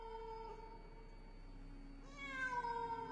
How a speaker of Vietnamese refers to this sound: Mẹ ơi, mẹ có nghe thấy gì không? Hình như là có tiếng con mèo. Con mèo nó lại theo mẹ ơi.